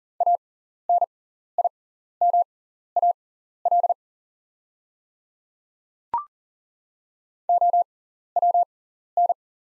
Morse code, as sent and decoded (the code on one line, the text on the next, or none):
.- -. .. -- .- .-.. / --- .-- -.
ANIMAL OWN